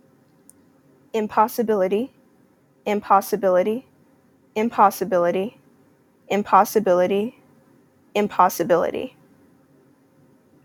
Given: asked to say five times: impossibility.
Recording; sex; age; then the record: repeated word; female; 20 to 29 years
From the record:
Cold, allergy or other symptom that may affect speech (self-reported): no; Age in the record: 23 years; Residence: Georgia, United States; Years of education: 15